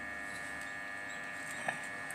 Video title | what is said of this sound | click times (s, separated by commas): PC Restoration - clean my desktop computer and power switch assembly - Build your own pc - build pc | lock ஆகிடுச்சு. | 1.7 s